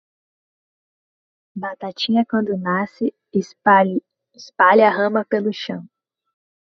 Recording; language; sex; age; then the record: short text; Brazilian Portuguese; female; 20 to 29 years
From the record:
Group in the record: control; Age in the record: 26 years